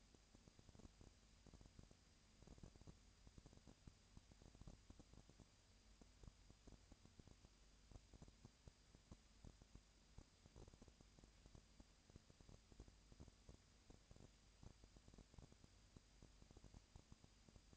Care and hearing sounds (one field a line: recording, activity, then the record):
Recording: daily activity, microphone in the room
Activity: no activity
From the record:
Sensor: 2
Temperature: 20.3 degrees Celsius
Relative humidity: 37.0%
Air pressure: 998.6 hPa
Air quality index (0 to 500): 236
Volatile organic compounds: 38 ppm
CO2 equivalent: 3120 ppm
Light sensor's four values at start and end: 2/3/2/2 and 2/3/2/2